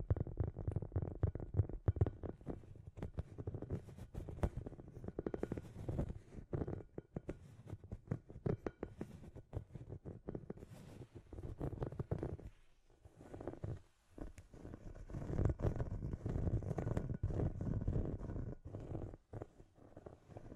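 Scratchy tapping runs almost without pause, a dense jumble of quick, irregular clicks over a low, rumbling scrape. The sound is mostly dull and low with brief brighter ticks, easing into short lulls around 13 and 19 seconds before resuming.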